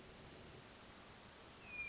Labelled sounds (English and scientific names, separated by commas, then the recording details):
Hermit Thrush (Catharus guttatus)
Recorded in Sonoma County, California